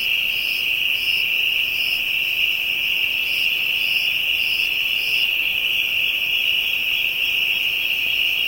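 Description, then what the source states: Insects droning in a continuous shrill chorus while a higher caller pulses in short bursts, then stops partway through. African insects, ambient soundscape.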